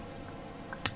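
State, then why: Seated. A plastic clamp-type part is slid in from the back of an arm on an MG Full Armor Unicorn Gundam model kit. A faint tap at 0.7 s is followed by a sharp, bright click at 0.9 s as the part clicks in and seats.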